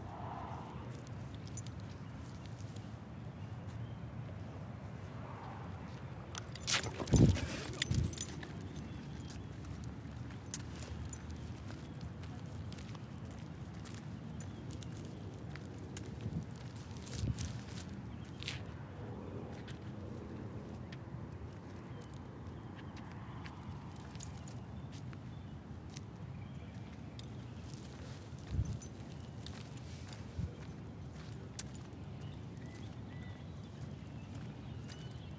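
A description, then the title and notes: Walking the dog at night in a Phoenix neighborhood: a steady low rumble with light scuffs, a sharp clatter near seven seconds, occasional clicks. Walking the dog at night through my neighborhood in Phoenix Arizona. Join me and my dog on a cool evening walk around our neighborhood.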